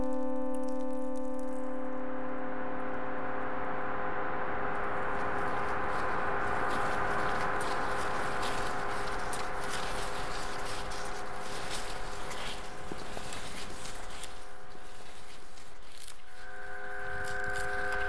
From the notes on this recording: generative ambient composition made of normally distributed sounds including recorded samples (paper, snow, salt) and synthesized microtonal chords